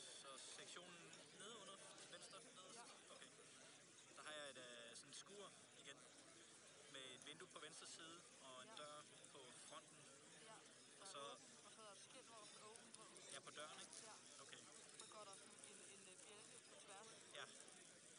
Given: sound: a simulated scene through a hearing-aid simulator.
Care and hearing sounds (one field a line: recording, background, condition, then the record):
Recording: conversation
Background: cafeteria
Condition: 0 dB SNR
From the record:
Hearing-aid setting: II (fast-acting compression, audibility-based gain, advanced features for about 2.5 dB of SNR improvement)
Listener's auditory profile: A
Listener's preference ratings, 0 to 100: 69, 76, 18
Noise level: 65 dB SPL